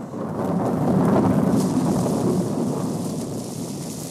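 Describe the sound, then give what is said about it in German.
Thunder from a lightning strike that hits a hut and sets it burning rolls out as a loud, deep rumble that swells within the first second, then drags on and slowly eases, with a steady hiss like rain underneath. “Der Blitz muss eingeschlagen haben.”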